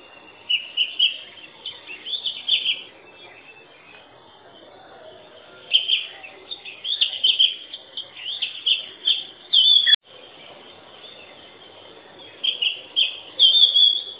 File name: Magpie robin